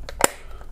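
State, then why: Seated. A plastic battery compartment cover on the back of a USCCE digital alarm clock radio is pressed back into the clock housing. A faint tick at 0.1 s comes before a sharp, bright snap at 0.2 s, and then a soft tick follows near 0.6 s. The cover is seated and snaps back in place.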